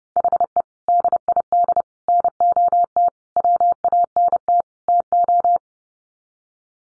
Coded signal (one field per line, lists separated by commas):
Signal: Morse code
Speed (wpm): 30 wpm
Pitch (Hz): 700 Hz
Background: none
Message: HE DID NOT WANT TO